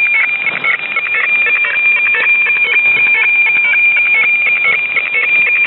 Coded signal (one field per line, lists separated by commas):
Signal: weather fax (radiofax)